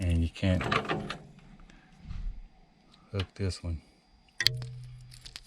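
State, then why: Not seated. Someone talks while turning a polarized wire harness connector and offering it up to a Trane furnace control board to show it fits only one way. Only light plastic handling taps and rustles are heard. Nothing has been plugged in or clicked into place yet.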